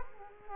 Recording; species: mosquito wingbeat signal from an infrared sensor; Culex quinquefasciatus